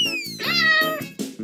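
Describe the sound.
Cat meowing: one drawn-out meow that rises then falls, preceded by a thin descending whistle-like tone, with low droning hum underneath and brief clicks.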